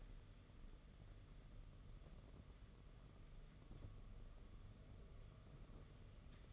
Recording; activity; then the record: daily activity, microphone in the room; wipe stove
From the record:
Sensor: 4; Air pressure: 995.4 hPa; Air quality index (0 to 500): 215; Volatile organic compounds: 257 ppm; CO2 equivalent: 4378 ppm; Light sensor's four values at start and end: 23/73/27/30 and 23/73/28/30